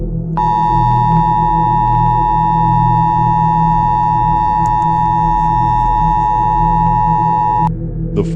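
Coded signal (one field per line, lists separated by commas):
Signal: Emergency Alert System (SAME) tones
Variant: 853 and 960 Hz attention tone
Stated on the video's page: Fictional EAS scenario; the alert is simulated.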